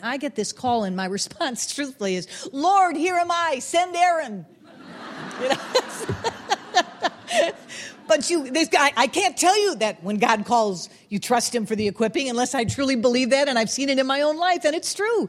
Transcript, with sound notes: And I get this call and my response, truthfully, is "Lord, here am I. Send Aaron." (laughter) But I can't tell you that when God calls you, trust Him for the equipping unless I truly believe that, and I've seen that in my own life and it's true.